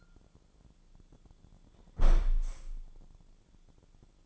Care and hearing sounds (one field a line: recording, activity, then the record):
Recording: daily activity, microphone in the room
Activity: close window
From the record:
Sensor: 5